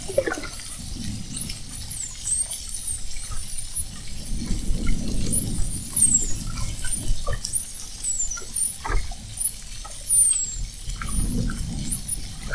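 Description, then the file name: Spinner dolphin whistles: many high, looping and rising-falling tonal sweeps, some overlapping, heard over constant low underwater rumble and scattered clicks. Several spinner dolphins whistling, recorded at Fernando de Noronha. "Sons rotadores FN assovios"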